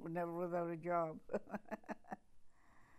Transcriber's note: laughs